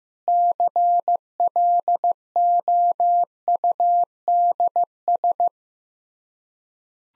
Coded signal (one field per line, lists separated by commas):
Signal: Morse code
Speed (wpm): 15 wpm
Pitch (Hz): 700 Hz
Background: none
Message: CLOUDS